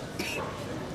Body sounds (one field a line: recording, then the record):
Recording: coughing mixed with background sound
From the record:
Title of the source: 64 coughing, allergies, singing lungs